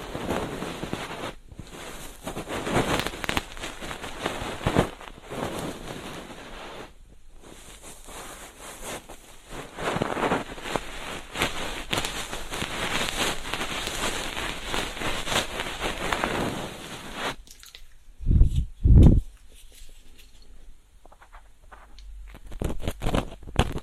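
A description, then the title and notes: A soft feather pick sweeps through an ear in dense, fuzzy rustling that fills most of the first seventeen seconds, with brief pauses near 1.5, 5 and 7 seconds. After that the brushing thins to a few louder, isolated scratches and light taps around 18 to 19 seconds. Ear cleaning. 3DIO 마이크를 이용한 귀청소!! Feather pick (솜털귀이개).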